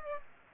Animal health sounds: mosquito wingbeat signal from an infrared sensor; Aedes aegypti

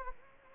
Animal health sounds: mosquito wingbeat signal from an infrared sensor; Anopheles gambiae

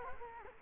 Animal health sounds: mosquito wingbeat signal from an infrared sensor; Culex quinquefasciatus

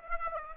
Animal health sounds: mosquito wingbeat signal from an infrared sensor; Aedes aegypti

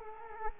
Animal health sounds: mosquito wingbeat signal from an infrared sensor; Culex quinquefasciatus

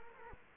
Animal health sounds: mosquito wingbeat signal from an infrared sensor; Culex quinquefasciatus

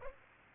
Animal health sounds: mosquito wingbeat signal from an infrared sensor; Aedes aegypti

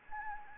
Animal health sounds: mosquito wingbeat signal from an infrared sensor; Anopheles gambiae

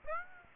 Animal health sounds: mosquito wingbeat signal from an infrared sensor; Aedes aegypti

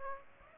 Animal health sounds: mosquito wingbeat signal from an infrared sensor; Aedes aegypti

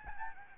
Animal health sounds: mosquito wingbeat signal from an infrared sensor; Aedes albopictus

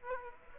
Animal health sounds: mosquito wingbeat signal from an infrared sensor; Aedes aegypti

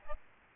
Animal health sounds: mosquito wingbeat signal from an infrared sensor; Aedes albopictus

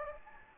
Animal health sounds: mosquito wingbeat signal from an infrared sensor; Anopheles gambiae

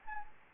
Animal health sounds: mosquito wingbeat signal from an infrared sensor; Anopheles arabiensis

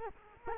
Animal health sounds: mosquito wingbeat signal from an infrared sensor; Culex quinquefasciatus

